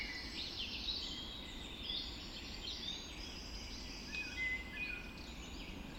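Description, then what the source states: Dawn chorus, thin high whistles and soft warbling phrases weaving together over constant low background noise. Dawn chorus recorded just after dawn in the Forest of Dean.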